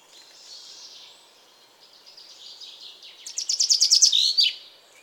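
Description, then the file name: Common chaffinch delivers one loud trilled phrase with a downward flourish near the end, after faint high twittering. "Fringilla coelebs"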